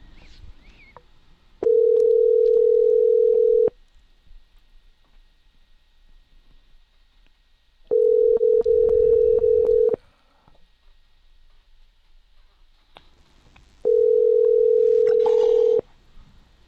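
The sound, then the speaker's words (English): A steady, mid-pitched telephone tone sounds three times, each lasting about two seconds with several seconds of quiet between, like a phone line ringing through. No one speaks. “I hear somebody's phone going off.”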